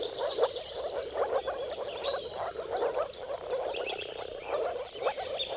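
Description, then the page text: Many moor frogs giving low, hollow gurgling calls, accompanied by chirping and whistling birds. Moor frogs in a chorus of mating calls at sunrise, at the turn of March and April depending on the weather. "Dawn’s Chorus: Mating Calls of Marsh Frogs at Sunrise. Depending on the weather at the turn of March and April, you can witness an amazing spectacle of moor frogs. Jakub-Orzecki moor frogs"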